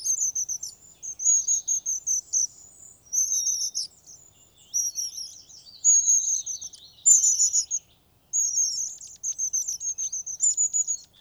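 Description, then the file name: Long-tailed tit calling in clipped groups of very high, thin notes, each cluster lasting about one to two seconds, separated by short gaps. "Staartmees"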